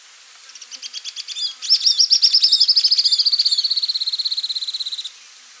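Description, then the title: Grey elaenia calling: several short high notes, then a long, very high, rapid trill that slowly falls in pitch and softens before stopping. "LuckyPassaro Completos2Sama. Grey Elaenia (Myiopagis caniceps)"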